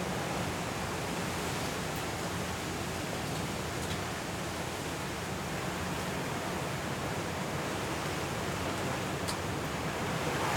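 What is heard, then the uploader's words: Hurricane wind and rain roar in a dense, unbroken wash that holds steady from start to finish, with a heavy low rumble underneath. A few brief bright ticks break through near two, four and nine seconds. Hurricane Kay in Los Cabos at Midnight. The sound of the wind, rain and city.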